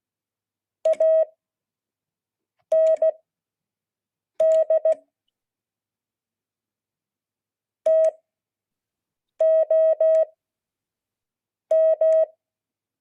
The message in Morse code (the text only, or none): AND TOM